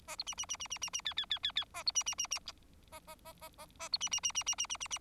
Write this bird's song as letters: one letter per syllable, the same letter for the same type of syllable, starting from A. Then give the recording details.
A B C C C C C C C D D D D D A B C C C C A A A A A A B C C C C C C C C C. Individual Bird4